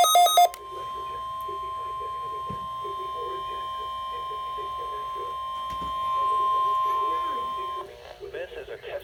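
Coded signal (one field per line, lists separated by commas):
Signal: Emergency Alert System (SAME) tones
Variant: 1050 Hz attention tone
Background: speech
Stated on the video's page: SAME tones of a NOAA Weather Radio Required Weekly Test on 162.475 MHz, received on a Midland WR120.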